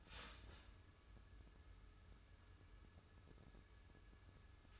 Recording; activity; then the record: daily activity, microphone in the room; start toaster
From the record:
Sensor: 2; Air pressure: 994.3 hPa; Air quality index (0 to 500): 205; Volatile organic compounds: 1000 ppm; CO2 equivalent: 6738 ppm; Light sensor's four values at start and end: 83/194/80/78 and 83/195/80/78